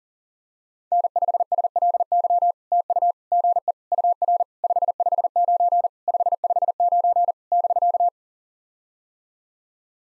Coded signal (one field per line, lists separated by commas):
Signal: Morse code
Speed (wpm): 44 wpm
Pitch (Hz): 700 Hz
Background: none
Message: N5SLY TU GE UR 559 559 <BK>